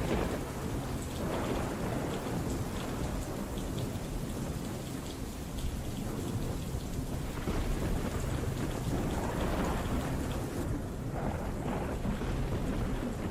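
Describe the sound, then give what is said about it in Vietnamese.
Heavy rain pours steadily while deep, loud rumbles of thunder roll underneath, swelling and fading in long waves. No one speaks. “Trên bầu trời loáng thoáng vang lên tiếng sấm động đến đình tai nhức óc.”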